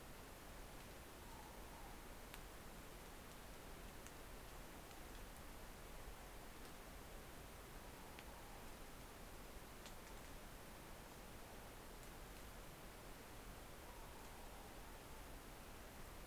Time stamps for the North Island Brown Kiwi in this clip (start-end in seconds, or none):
none